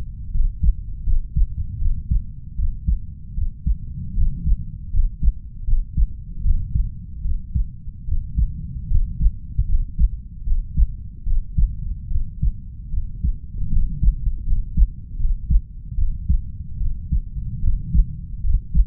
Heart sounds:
heart sounds by stethoscope; 76 bpm
0.31 s: heartbeat
1.04 s: heartbeat
1.78 s: heartbeat
2.55 s: heartbeat
3.34 s: heartbeat
4.14 s: heartbeat
4.90 s: heartbeat
5.64 s: heartbeat
6.41 s: heartbeat
7.21 s: heartbeat
8.04 s: heartbeat
8.87 s: heartbeat
9.65 s: heartbeat
10.43 s: heartbeat
11.23 s: heartbeat
12.08 s: heartbeat
12.90 s: heartbeat
13.69 s: heartbeat
14.43 s: heartbeat
15.16 s: heartbeat
15.95 s: heartbeat
16.77 s: heartbeat
17.60 s: heartbeat
18.41 s: heartbeat
From the record:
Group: healthy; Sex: female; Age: 32 years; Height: 168 cm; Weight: 61.9 kg

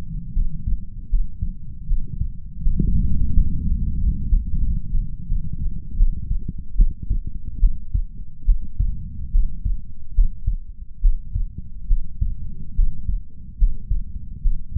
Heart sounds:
heart sounds by stethoscope; 77 bpm
0.32 s: heartbeat
1.08 s: heartbeat
1.86 s: heartbeat
2.60 s: heartbeat
3.32 s: heartbeat
3.98 s: heartbeat
4.61 s: heartbeat
5.26 s: heartbeat
5.95 s: heartbeat
6.75 s: heartbeat
7.59 s: heartbeat
8.44 s: heartbeat
9.30 s: heartbeat
10.13 s: heartbeat
11.00 s: heartbeat
11.86 s: heartbeat
12.74 s: heartbeat
13.57 s: heartbeat
14.41 s: heartbeat
From the record:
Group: healthy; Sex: female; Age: 26 years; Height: 165 cm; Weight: 55 kg

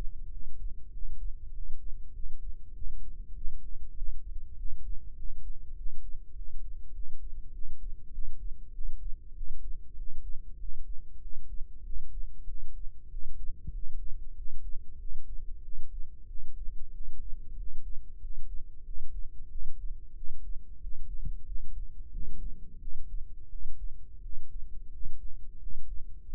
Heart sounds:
heart sounds by microphone in the left ear; 95 bpm
0.29 s: heartbeat
0.90 s: heartbeat
1.51 s: heartbeat
2.12 s: heartbeat
2.72 s: heartbeat
3.33 s: heartbeat
3.94 s: heartbeat
4.55 s: heartbeat
5.15 s: heartbeat
5.74 s: heartbeat
6.33 s: heartbeat
6.92 s: heartbeat
7.51 s: heartbeat
8.10 s: heartbeat
8.71 s: heartbeat
9.33 s: heartbeat
9.95 s: heartbeat
10.57 s: heartbeat
11.19 s: heartbeat
11.82 s: heartbeat
12.45 s: heartbeat
13.08 s: heartbeat
13.71 s: heartbeat
14.34 s: heartbeat
14.97 s: heartbeat
15.61 s: heartbeat
16.25 s: heartbeat
16.91 s: heartbeat
17.55 s: heartbeat
18.19 s: heartbeat
18.83 s: heartbeat
19.48 s: heartbeat
20.13 s: heartbeat
20.79 s: heartbeat
21.44 s: heartbeat
22.10 s: heartbeat
22.78 s: heartbeat
23.48 s: heartbeat
24.20 s: heartbeat
24.89 s: heartbeat
25.58 s: heartbeat
26.25 s: heartbeat
From the record:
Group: healthy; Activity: rest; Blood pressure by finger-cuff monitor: 101/70 mmHg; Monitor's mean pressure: 79 mmHg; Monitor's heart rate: 96 bpm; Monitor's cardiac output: 7.8 L/min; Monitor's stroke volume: 80 mL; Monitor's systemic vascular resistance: 750 dyn s/cm5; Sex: male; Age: 19 years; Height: 178 cm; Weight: 83 kg

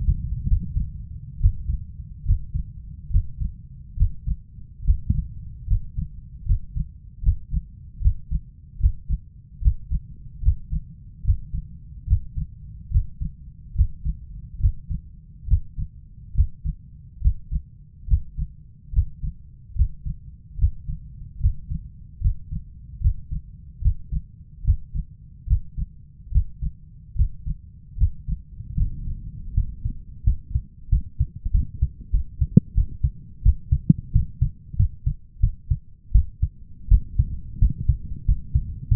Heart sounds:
heart sounds by stethoscope; 77 bpm
0.47 s: heartbeat
1.40 s: heartbeat
2.24 s: heartbeat
3.10 s: heartbeat
3.96 s: heartbeat
4.84 s: heartbeat
5.67 s: heartbeat
6.45 s: heartbeat
7.22 s: heartbeat
8.01 s: heartbeat
8.79 s: heartbeat
9.61 s: heartbeat
10.41 s: heartbeat
11.23 s: heartbeat
12.06 s: heartbeat
12.90 s: heartbeat
13.74 s: heartbeat
14.59 s: heartbeat
15.47 s: heartbeat
16.34 s: heartbeat
17.21 s: heartbeat
18.07 s: heartbeat
18.92 s: heartbeat
19.75 s: heartbeat
20.57 s: heartbeat
21.39 s: heartbeat
22.20 s: heartbeat
23.00 s: heartbeat
23.81 s: heartbeat
24.63 s: heartbeat
25.46 s: heartbeat
26.31 s: heartbeat
27.15 s: heartbeat
27.97 s: heartbeat
28.76 s: heartbeat
29.54 s: heartbeat
30.23 s: heartbeat
30.89 s: heartbeat
31.51 s: heartbeat
32.11 s: heartbeat
32.74 s: heartbeat
33.42 s: heartbeat
34.12 s: heartbeat
34.76 s: heartbeat
35.40 s: heartbeat
36.12 s: heartbeat
36.88 s: heartbeat
37.59 s: heartbeat
38.25 s: heartbeat
38.88 s: heartbeat
From the record:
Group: healthy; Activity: Valsalva maneuver 0-29 s, rest 29-39 s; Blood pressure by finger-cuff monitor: 142/100 mmHg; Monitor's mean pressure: 109 mmHg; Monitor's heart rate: 73 bpm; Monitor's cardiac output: 6.3 L/min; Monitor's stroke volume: 85 mL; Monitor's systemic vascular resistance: 1290 dyn s/cm5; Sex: male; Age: 23 years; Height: 179 cm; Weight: 87 kg

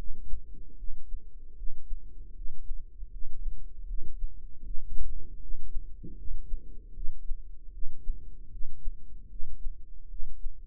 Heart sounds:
heart sounds by microphone in the right ear; 77 bpm
0.75 s: heartbeat
1.55 s: heartbeat
2.33 s: heartbeat
3.09 s: heartbeat
3.85 s: heartbeat
4.62 s: heartbeat
5.39 s: heartbeat
6.15 s: heartbeat
6.92 s: heartbeat
7.70 s: heartbeat
8.49 s: heartbeat
9.27 s: heartbeat
10.07 s: heartbeat
From the record:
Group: healthy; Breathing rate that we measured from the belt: 21 breaths a minute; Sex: female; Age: 43 years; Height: 160 cm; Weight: 90 kg

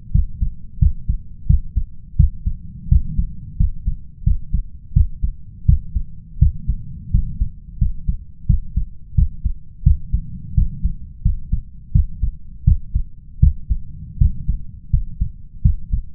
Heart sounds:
heart sounds by stethoscope; 85 bpm
0.11 s: heartbeat
0.78 s: heartbeat
1.46 s: heartbeat
2.15 s: heartbeat
2.88 s: heartbeat
3.56 s: heartbeat
4.23 s: heartbeat
4.92 s: heartbeat
5.65 s: heartbeat
6.38 s: heartbeat
7.10 s: heartbeat
7.77 s: heartbeat
8.45 s: heartbeat
9.14 s: heartbeat
9.82 s: heartbeat
10.53 s: heartbeat
11.21 s: heartbeat
11.91 s: heartbeat
12.63 s: heartbeat
13.39 s: heartbeat
14.17 s: heartbeat
14.89 s: heartbeat
15.61 s: heartbeat
From the record:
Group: healthy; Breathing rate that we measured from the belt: 16 breaths a minute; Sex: male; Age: 21 years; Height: 180 cm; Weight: 67.5 kg

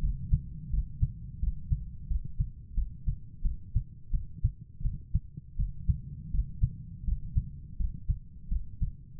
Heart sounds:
heart sounds by stethoscope; 85 bpm
0.70 s: heartbeat
1.39 s: heartbeat
2.07 s: heartbeat
2.74 s: heartbeat
3.41 s: heartbeat
4.10 s: heartbeat
4.81 s: heartbeat
5.56 s: heartbeat
6.30 s: heartbeat
7.04 s: heartbeat
7.76 s: heartbeat
8.48 s: heartbeat
9.19 s: heartbeat
From the record:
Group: healthy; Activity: cold pressor test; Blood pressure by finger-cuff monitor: 120/92 mmHg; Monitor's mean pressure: 102 mmHg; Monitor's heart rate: 84 bpm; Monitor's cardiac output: 6 L/min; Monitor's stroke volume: 70 mL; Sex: female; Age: 32 years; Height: 172 cm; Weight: 71.7 kg

